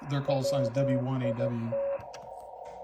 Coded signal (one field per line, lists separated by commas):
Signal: Morse code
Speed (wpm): 15 wpm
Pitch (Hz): 560 Hz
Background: speech, radio noise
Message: WIT